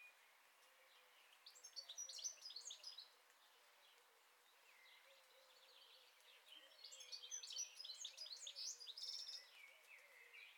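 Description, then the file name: European goldfinch twittering, two lively bursts of quick tinkling chirps with a quieter stretch between them. "Carduelis carduelis"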